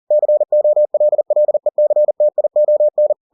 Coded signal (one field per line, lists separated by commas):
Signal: Morse code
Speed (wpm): 40 wpm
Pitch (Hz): 600 Hz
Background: none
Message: COLLECTION